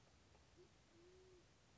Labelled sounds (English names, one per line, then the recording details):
Band-tailed Pigeon
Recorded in Sonoma County, California